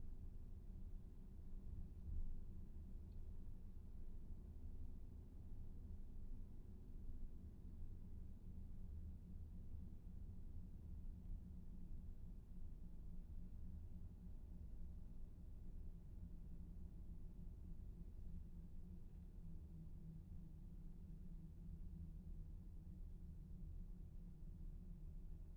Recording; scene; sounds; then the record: everyday scene through a hearing-aid microphone; in a vehicle; engine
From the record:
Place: VW T5 Caravelle, diesel engine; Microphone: behind the ear, left, front